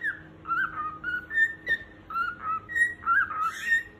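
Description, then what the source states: Cockatiel whistled song: clear tonal notes, some rising and some level, strung into a tune-like phrase, with a faint steady hum behind. Several cockatiels, whistling song.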